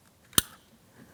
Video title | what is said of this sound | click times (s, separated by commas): How to Replace Right Front Power Window Switch 2007-2014 GMC Sierra 2500 HD | There's our click there. | 0.4 s